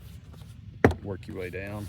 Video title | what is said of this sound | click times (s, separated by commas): 2023 Nissan Titan Window Sweep removal for Tinting, Replacement or Cleaning | Start with the corner of the door panel. Just pull it and you'll hear a pop. | 0.9 s